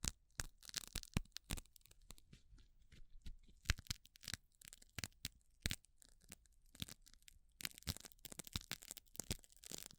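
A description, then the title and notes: Gloves being handled, with sharp snapping and crinkling sounds at an irregular, quick pace throughout. Many short bright clicks and crackles stand out, with a few louder snaps around four and six seconds. Between them, quiet soft rustling. ASMR 1 HOUR of Gloves Sounds for People who want tingles (No Talking).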